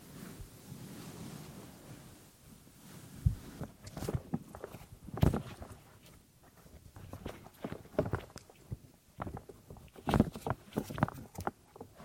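Ear cleaning sounds: a soft, steady low rustle for the first three seconds or so, then irregular scratchy clicks and crackles. The sharpest pops land around the third, fifth and tenth seconds, with quieter scraping filling the gaps between them.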